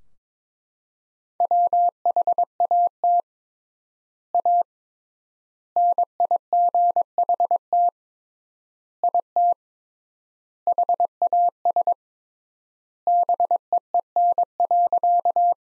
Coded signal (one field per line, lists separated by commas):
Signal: Morse code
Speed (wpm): 22 wpm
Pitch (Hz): 700 Hz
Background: none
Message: WHAT A NIGHT IT HAS BEEN.